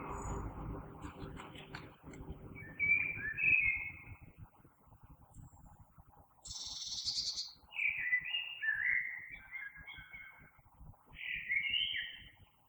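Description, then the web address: Common blackbird song, separate mellow warbled phrases with high twittered flourishes, spaced by short pauses, over low background rumble at the start. Recorded 3 March 2020. "oiseaux Merle 2020 03 03"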